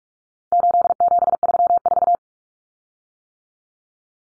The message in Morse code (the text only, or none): 8734